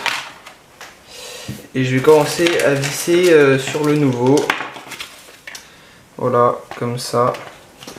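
A plastic rear differential block is handled and fitted onto the new plastic chassis of an XLF F10 / Hosim X07 RC truggy, with small plastic knocks and taps around 0.1, 0.5, 0.8, 5.0, 5.5 and 7.8 s while someone talks. The clip ends before the part goes home, so nothing has seated or clicked yet.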